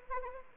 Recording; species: mosquito wingbeat signal from an infrared sensor; Anopheles arabiensis